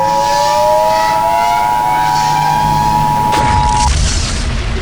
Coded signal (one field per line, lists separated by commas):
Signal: Emergency Alert System (SAME) tones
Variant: 853 and 960 Hz attention tone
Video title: The Event (An EAS Scenario)